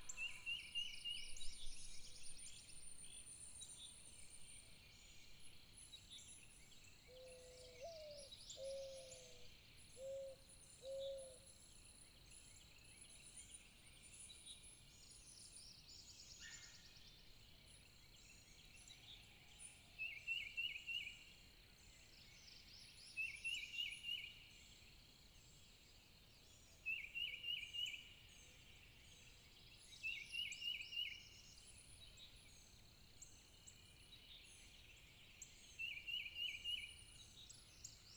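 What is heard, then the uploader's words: Early morning birdsong on Wadmalaw Island, with a busy layer of chirps and trills running throughout. A bright, repeated call rings out about every three to four seconds from twenty seconds on, and a few low hoots come near the ten-second mark. At 6:00 am on an April morning it gets pretty noisy on Wadmalaw island. It gets pretty noisy on Wadmalaw island. Whether looking for mates, defending turf, or pecking for breakfast, these early birds truly rise and shine. Camping On Wadmalaw.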